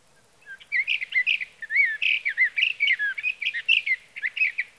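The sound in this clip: Sage thrasher song, a lively continuous run of looping, slurred whistles and warbles, phrases following each other without a break for four seconds.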